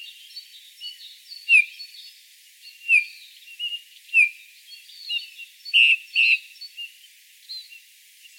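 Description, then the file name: Eurasian bullfinch giving soft falling whistles at irregular intervals, some doubled, over a background of chattering songbirds. "Pyrrhula pyrrhula"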